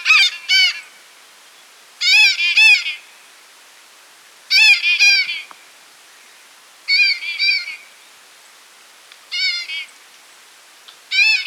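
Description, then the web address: White-capped Parrot calling in short clusters of two or three nasal, buzzy squawks, clusters repeated about every two to two and a half seconds. Recorded in Ecuador. "Birds of Ecuador. White-Capped Parrot"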